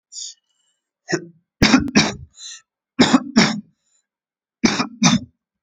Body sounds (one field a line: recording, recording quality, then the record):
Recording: shallow voluntary cough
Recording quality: excellent, no background noise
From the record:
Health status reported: recovered from COVID-19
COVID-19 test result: negative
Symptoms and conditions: none ticked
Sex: male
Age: 24 years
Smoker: not ticked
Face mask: not worn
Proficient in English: yes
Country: India